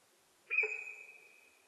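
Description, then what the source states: Sika deer whistle: a single sudden shrill tone, sustained at one pitch and dying away over about a second. Recorded in Japan on 4 November 2006.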